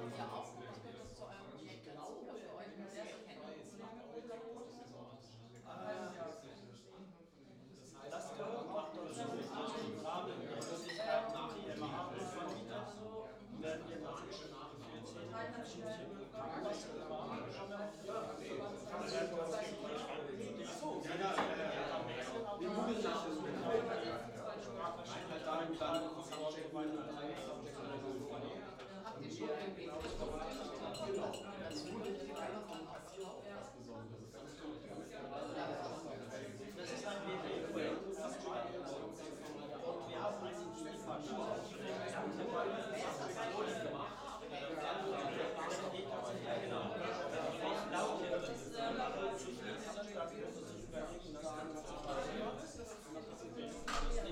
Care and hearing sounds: everyday scene through a hearing-aid microphone; many people talking; many voices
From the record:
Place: bistro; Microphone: in the ear canal, left

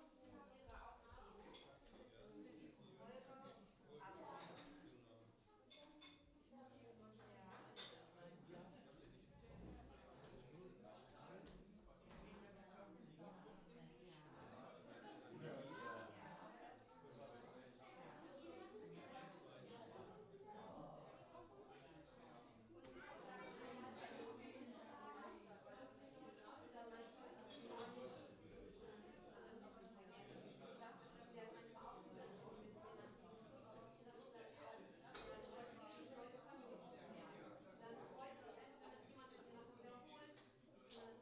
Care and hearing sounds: everyday scene through a hearing-aid microphone; many people talking; many voices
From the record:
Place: parish hall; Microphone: in the ear canal, left

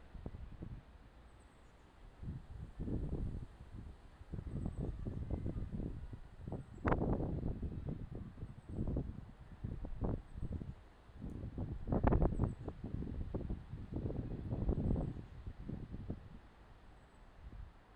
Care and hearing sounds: everyday scene through a hearing-aid microphone; wind on the microphone; squally wind, voices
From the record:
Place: parking lot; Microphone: in the ear canal, left

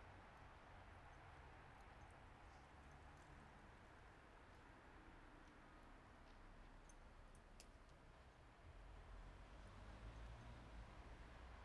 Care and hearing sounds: everyday scene through a hearing-aid microphone; in traffic; traffic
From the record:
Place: bus stop on a city main road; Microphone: behind the ear, right, rear

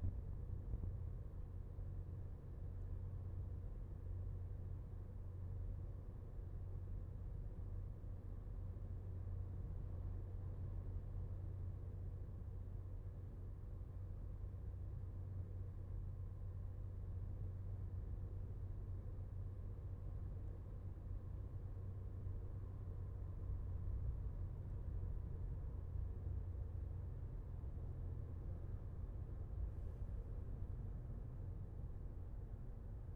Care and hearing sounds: everyday scene through a hearing-aid microphone; in a vehicle; engine, highway driving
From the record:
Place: Skoda Fabia, gasoline engine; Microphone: behind the ear, left, front

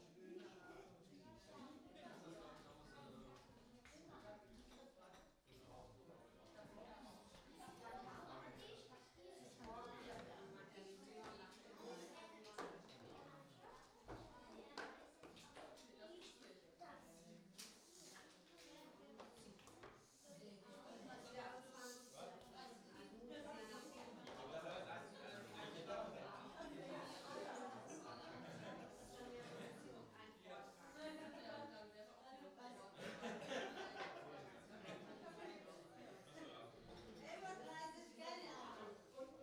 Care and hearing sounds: everyday scene through a hearing-aid microphone; many people talking; many voices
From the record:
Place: parish hall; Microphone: in the ear canal, right

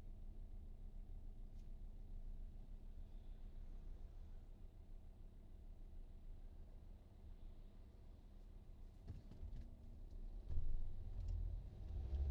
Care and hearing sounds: everyday scene through a hearing-aid microphone; in a vehicle; engine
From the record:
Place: VW T5 Caravelle, diesel engine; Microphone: in the ear canal, right

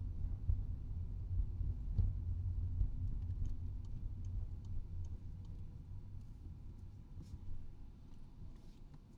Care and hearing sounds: everyday scene through a hearing-aid microphone; in a vehicle; engine, rumble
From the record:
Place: Skoda Fabia, gasoline engine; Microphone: in the ear canal, right

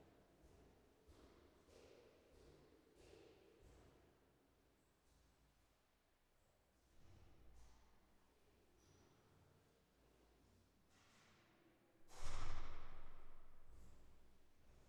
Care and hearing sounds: everyday scene through a hearing-aid microphone; reverberant space; background noise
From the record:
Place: staircase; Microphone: behind the ear, left, rear

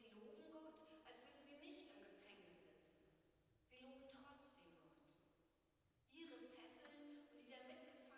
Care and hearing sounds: everyday scene through a hearing-aid microphone; reverberant space; speech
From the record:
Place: church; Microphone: in the ear canal, right

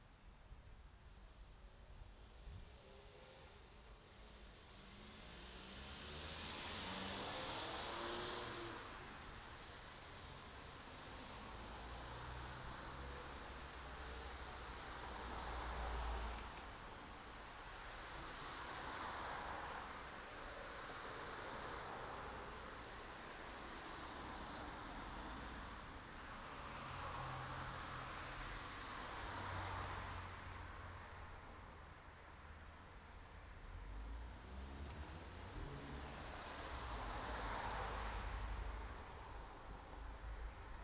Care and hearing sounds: everyday scene through a hearing-aid microphone; in traffic; traffic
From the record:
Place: city secondary road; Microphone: in the ear canal, right

